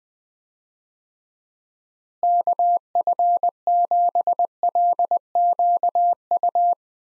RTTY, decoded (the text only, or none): none